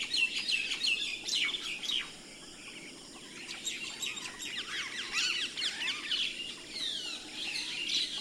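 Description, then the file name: Common myna chattering in a jumble of slurred whistles, squeaks and harsh notes, quieter in the middle then building again with upward and downward slides. "Martin triste"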